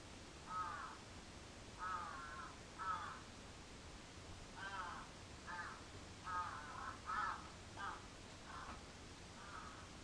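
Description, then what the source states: Crow cawing irregularly, single and clustered hoarse caws coming faster in the second half, then spacing out again. Recorded 14 July 2022 at 06:37.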